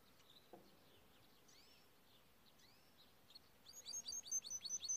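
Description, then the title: Canary song: a few faint, scattered high chirps and sweeping notes, then a fast run of bright, sharp repeated notes that grows louder over the final second and a half. Timbrado canary song for training. "Canary Bird Singing - Timbrado training video"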